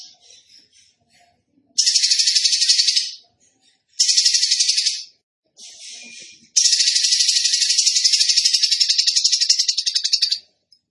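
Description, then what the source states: Bird song of three dry buzzy rattles, the last one long and steady, with faint chirps before and between them. Tembakan bird singing vigorously (gacor), used for training cage birds.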